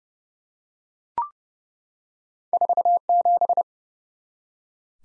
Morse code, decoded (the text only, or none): 47